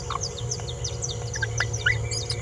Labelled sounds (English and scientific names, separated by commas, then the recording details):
Green-rumped Parrotlet (Forpus passerinus) babbling
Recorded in a nest box in Venezuela
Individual 18B17A4